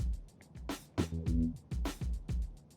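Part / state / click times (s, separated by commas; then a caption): component with mounting tabs into a preamp circuit board / not seated / none. A component with mounting tabs is pushed up from underneath into a preamp circuit board while the solder-filled middle pad is reheated, with music playing throughout and sharp hits at about 0.7 s and 1.9 s. Nothing has seated or clicked into place yet.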